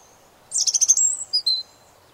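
European robin giving one brief phrase: a rapid high trill sliding into a couple of thin, descending whistles, then silence.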